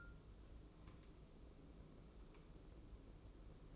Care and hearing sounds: daily activity, microphone in the room; take from stove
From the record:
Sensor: 1

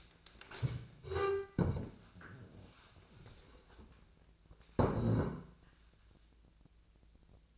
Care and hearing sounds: daily activity, microphone in the room; stand up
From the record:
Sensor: 2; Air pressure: 1000.3 hPa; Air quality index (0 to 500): 160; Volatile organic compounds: 3 ppm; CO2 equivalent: 1338 ppm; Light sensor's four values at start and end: 9/20/8/9 and 8/17/8/8

